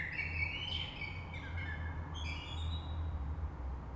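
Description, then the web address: Common blackbird producing clear fluting notes that rise and fall, then thin high squeaks, over a persistent low-pitched hum. Recorded on 3 March 2020. "oiseaux Rush Merle 3-3-2020"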